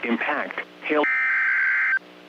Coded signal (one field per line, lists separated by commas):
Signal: Emergency Alert System (SAME) tones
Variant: header bursts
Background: speech